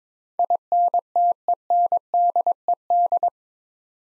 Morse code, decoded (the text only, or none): INTENDED